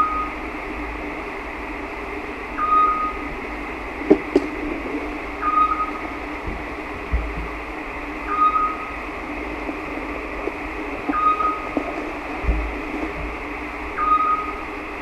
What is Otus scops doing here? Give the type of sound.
song